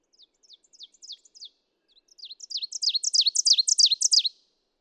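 Ovenbird: a soft series of sharp, repeated high phrases, a brief pause, then a louder series that builds and ends abruptly.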